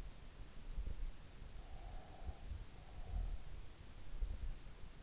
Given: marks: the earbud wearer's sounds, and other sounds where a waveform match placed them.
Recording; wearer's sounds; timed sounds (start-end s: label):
sounds in sleep by an in-ear microphone; breath
1.55-3.30 s: breath